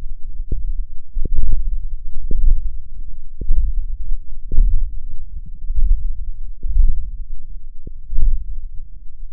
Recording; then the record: forearm muscle sounds (acoustic myography)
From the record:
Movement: ulnar deviation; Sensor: system 1, eight BSWA MPA416 microphones around the upper forearm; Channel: 8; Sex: male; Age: 21 years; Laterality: right